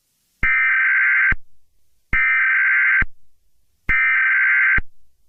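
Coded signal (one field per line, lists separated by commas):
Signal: Emergency Alert System (SAME) tones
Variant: header bursts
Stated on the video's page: Fictional EAS scenario.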